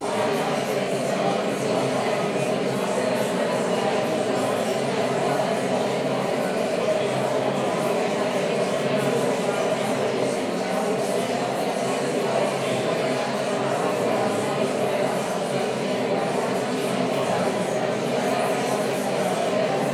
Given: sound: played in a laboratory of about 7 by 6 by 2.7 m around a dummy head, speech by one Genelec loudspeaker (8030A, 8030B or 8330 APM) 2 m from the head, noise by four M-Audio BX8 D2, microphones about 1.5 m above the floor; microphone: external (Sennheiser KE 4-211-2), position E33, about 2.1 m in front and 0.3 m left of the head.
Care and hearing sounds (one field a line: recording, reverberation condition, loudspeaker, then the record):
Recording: babble noise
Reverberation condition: high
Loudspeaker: four, about 170 cm from the corners of the room and facing them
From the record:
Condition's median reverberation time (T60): about 1300 ms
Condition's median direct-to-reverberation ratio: about -4.0 dB